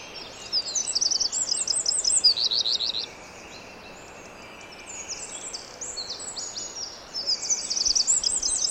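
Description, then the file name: Eurasian wren: high, rapid trilled phrases, a lull of a couple of seconds with only faint notes, then more fast high trills, all over constant background noise. "Troglodytes troglodytes"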